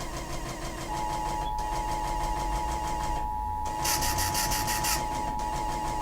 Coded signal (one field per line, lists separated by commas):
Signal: Emergency Alert System (SAME) tones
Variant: 853 and 960 Hz attention tone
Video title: Child Abduction Emergency on WJON-IP || 3/1/24 (EAS #2,377)